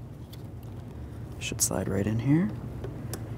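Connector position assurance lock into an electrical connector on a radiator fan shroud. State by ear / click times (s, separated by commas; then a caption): seated / 3.1 s. A gray plastic connector position assurance lock is pushed into the electrical connector on the radiator fan shroud of a 2002-2009 Chevrolet Trailblazer with the 4.2L L6 engine, while someone talks. A sharp tick at 3.1 s marks the lock sliding in and clicking, so it is seated.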